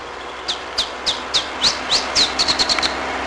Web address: iberian chiffchaff